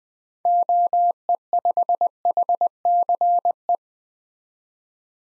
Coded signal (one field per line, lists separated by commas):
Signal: Morse code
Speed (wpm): 20 wpm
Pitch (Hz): 700 Hz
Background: none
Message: OE5HCE